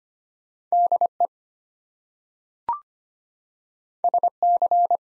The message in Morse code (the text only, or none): DE SC